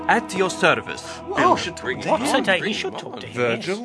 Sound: group of actors speak restlessly